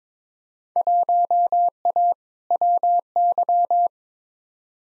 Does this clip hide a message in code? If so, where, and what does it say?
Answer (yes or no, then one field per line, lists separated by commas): yes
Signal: Morse code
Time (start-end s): 0.8-3.9 s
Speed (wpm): 22 wpm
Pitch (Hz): 700 Hz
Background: none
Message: 1A WY